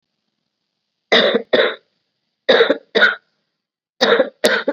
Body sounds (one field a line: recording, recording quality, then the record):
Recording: shallow voluntary cough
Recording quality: excellent, no background noise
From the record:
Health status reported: COVID-19 positive, mild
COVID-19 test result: positive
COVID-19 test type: RT-PCR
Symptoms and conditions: cough, fever, fatigue, muscle pain, diabetes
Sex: female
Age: 58 years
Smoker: no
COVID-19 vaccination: both doses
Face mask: worn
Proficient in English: yes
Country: India